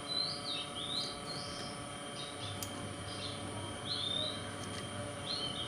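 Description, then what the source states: Oriental magpie-robin singing brief whistled phrases in several separate bursts over steady background hum and noise. Song style called kacer konslet in the Indonesian title.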